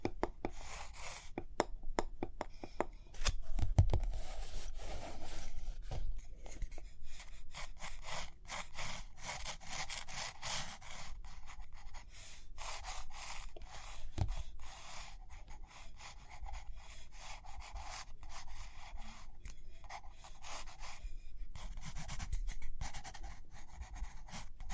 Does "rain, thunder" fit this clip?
no